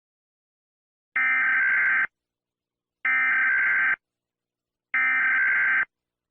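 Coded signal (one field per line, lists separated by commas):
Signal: Emergency Alert System (SAME) tones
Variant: header bursts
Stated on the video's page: Fictional scenario alert about a war invasion.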